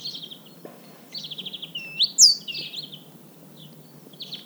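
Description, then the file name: Great tit calls: several short buzzy rattles with a loud upward-sweeping whistle in the middle, over faint hiss. "Parus major"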